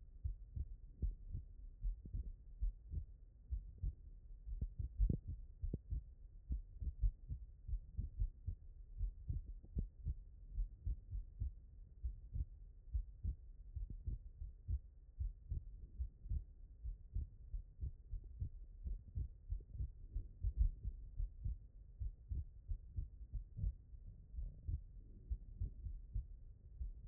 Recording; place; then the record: heart sounds by stethoscope; pulmonary valve (PV)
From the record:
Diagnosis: non-HFrEF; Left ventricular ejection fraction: 57%